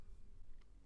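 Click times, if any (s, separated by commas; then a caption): none. An interchangeable lens is being handled back onto the bayonet mount of a Pentax 6x7 (Pentax 67) medium-format camera body after the prism was refitted, with the red dots lined up for a gentle twist into place. Only faint, low handling noise is heard over a steady low hum, with no distinct transient. Nothing has seated or clicked yet.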